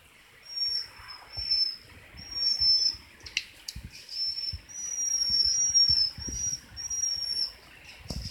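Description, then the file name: Japanese waxwing giving thin, high, sibilant trilled calls, a series of short level buzzy notes repeated with brief gaps, with faint rustling and soft thumps below. "hirenzyaku"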